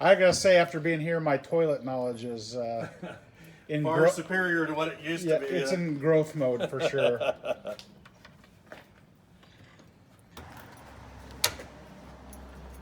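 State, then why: Seated. Someone talks for about the first eight seconds, then a key is worked in an antique mortise lock on an entry door with a crash bar, giving a few faint jangles and taps. At 11.4 s a single sharp metallic click is heard as the lock mechanism engages and seats into position.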